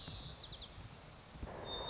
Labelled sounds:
White-crowned Sparrow (Zonotrichia leucophrys)
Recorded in Sonoma County, California

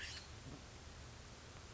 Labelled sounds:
Acorn Woodpecker (Melanerpes formicivorus)
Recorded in Sonoma County, California

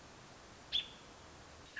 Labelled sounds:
American Robin (Turdus migratorius)
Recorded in Sonoma County, California

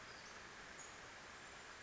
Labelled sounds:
Western Flycatcher (Empidonax difficilis)
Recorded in Sonoma County, California

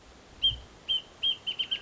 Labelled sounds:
Wrentit (Chamaea fasciata)
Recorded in Sonoma County, California

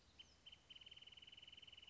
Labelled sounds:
Wrentit (Chamaea fasciata)
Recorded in Sonoma County, California

